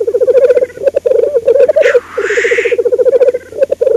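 Black grouse bubbling song, rapid low pulsed cooing throughout, broken by one wheezy hiss in the middle.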